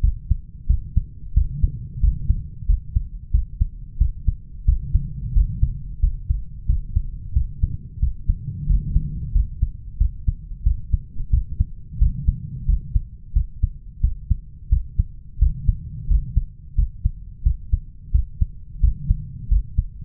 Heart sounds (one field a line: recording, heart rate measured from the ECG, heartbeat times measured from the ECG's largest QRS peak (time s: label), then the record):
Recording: heart sounds by stethoscope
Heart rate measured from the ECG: 89 bpm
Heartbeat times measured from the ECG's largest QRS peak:
0.03 s: heartbeat
0.69 s: heartbeat
1.36 s: heartbeat
2.03 s: heartbeat
2.68 s: heartbeat
3.33 s: heartbeat
4.00 s: heartbeat
4.67 s: heartbeat
5.35 s: heartbeat
6.02 s: heartbeat
6.68 s: heartbeat
7.35 s: heartbeat
8.02 s: heartbeat
8.69 s: heartbeat
9.35 s: heartbeat
10.00 s: heartbeat
10.65 s: heartbeat
11.33 s: heartbeat
12.01 s: heartbeat
12.68 s: heartbeat
13.35 s: heartbeat
14.03 s: heartbeat
14.71 s: heartbeat
15.41 s: heartbeat
16.10 s: heartbeat
16.77 s: heartbeat
17.45 s: heartbeat
18.14 s: heartbeat
18.83 s: heartbeat
19.51 s: heartbeat
From the record:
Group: healthy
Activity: rest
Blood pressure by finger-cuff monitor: 144/87 mmHg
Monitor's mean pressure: 108 mmHg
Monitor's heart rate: 90 bpm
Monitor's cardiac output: 7.3 L/min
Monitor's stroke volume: 82 mL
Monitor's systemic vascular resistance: 1110 dyn s/cm5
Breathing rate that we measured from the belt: 17 breaths a minute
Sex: male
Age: 21 years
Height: 175 cm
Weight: 72.6 kg